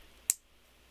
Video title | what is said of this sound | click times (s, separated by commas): Transformers Netflix Spoiler Pack #3 Fossilizer Skelevore and Megatron | and you just heard that loud click right there | 0.3 s